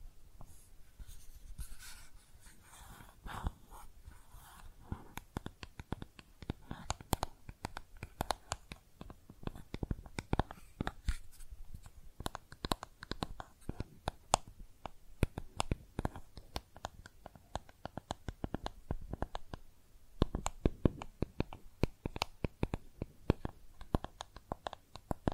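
Makeup items are tapped and scratched in a quick, uneven stream of sharp clicks and scrapes that runs the whole time. The taps thicken and grow louder from about seven seconds on, with strong clusters near fourteen and twenty-one seconds, over a soft low rumble.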